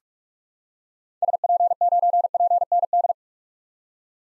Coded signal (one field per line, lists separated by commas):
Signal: Morse code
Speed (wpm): 47 wpm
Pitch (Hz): 700 Hz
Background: none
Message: SP9PND